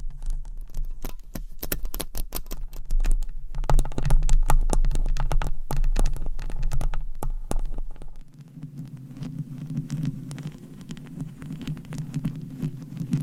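Mic scratching and tapping: dense, rapid sharp taps and scrapes over a low hum, then at eight seconds a softer, steadier rubbing texture.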